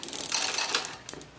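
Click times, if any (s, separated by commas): 1.1 s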